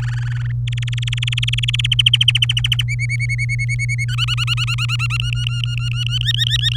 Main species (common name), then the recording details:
Domestic Canary. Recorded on 23 April 2018 at 17:25. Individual llb3